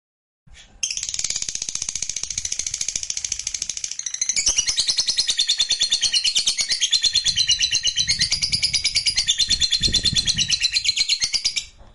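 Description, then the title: Lovebird singing a long, fast chattering song of high buzzy twitters, pulsing steadily about three times a second, briefly dipping near four seconds then growing louder until it stops. Fighter-type lovebird singing energetically (gacor). "SUARA Lovebird FIGHTER GACOR"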